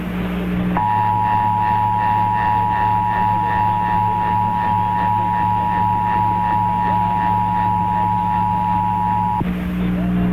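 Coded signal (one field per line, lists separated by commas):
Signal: Emergency Alert System (SAME) tones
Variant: 853 and 960 Hz attention tone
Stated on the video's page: Kentucky required monthly test relayed on WHAS.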